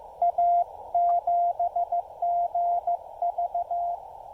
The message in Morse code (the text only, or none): A7GV